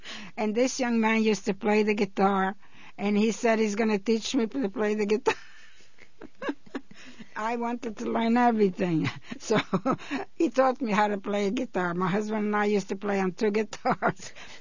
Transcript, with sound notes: And this young man used to play the guitar, and he said he's going to teach me to play the guitar. (she laughs) I wanted to learn everything. So he taught me how to play guitar. My husband and I used to play on two guitars.